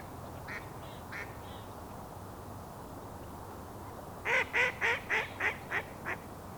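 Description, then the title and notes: Mallard calls: two soft early quacks, then a loud series of seven harsh quacks that slow and fade, with faint background hum. Mallard on the Rivière des Mille-Îles, Boisbriand, near Highway 15, at rush hour, dated 06.10.08. "Boisbriand (colvert), 06.10.08. Colvert sur la rivière des Mille-îles à l'heure de pointe près de l'autoroute 15"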